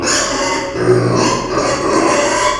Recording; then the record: squeal of a Yucatan mini pig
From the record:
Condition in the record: before surgery on the right vocal fold (resection and tissue-engineered implant); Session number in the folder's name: 1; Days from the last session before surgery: -3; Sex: male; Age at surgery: 12 weeks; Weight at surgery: 13 kg